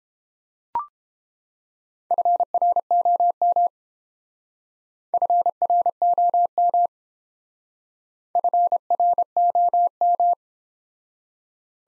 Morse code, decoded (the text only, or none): FROM FROM FROM